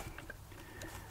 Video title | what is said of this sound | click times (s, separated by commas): Rovan Q-Shorty Petrol RC Buggy Loves Eating Dust!! | till it clicks there we go that's tight that's clipped on now but it's | 0.2 s, 0.3 s, 0.8 s